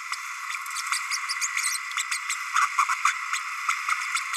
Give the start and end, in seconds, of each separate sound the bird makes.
0.92-0.98, 1.41-1.48, 1.69-1.77, 1.96-2.03, 2.12-2.17, 2.29-2.35, 3.33-3.38, 4.15-4.20